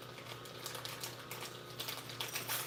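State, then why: Stripped. A hex (Allen) key turns a hex-socket screw in the frame of a Geeetech A10M dual color 3D printer during assembly, making sharp metallic ticks from the key and screw, with a click at 2.2 s. The screw head strips and the key stops gripping.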